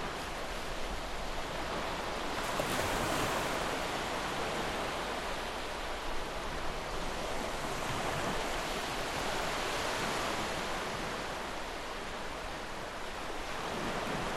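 Ocean waves wash in a dense, steady hiss that fills the whole clip, with a brief surge of brighter spray around three seconds and softer swells near eight and fourteen. The surf sounds even, with little low rumble beneath it.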